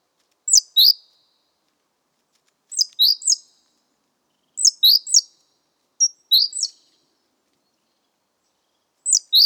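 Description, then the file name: Great tit calls: bright, descending high notes in twos and threes, repeated at irregular intervals against silence. "Parus major"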